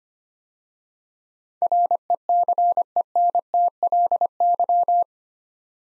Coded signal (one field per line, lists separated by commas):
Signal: Morse code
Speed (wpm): 25 wpm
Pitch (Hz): 700 Hz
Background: none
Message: RECENTLY